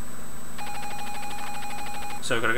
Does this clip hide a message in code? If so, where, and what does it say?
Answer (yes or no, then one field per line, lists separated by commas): no